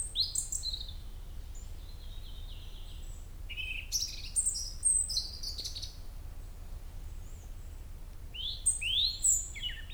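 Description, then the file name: European robin song: high, thin warbled phrases of sliding whistles and trills, delivered in short bursts with pauses, over a steady low rumble. "Erithacus rubecula"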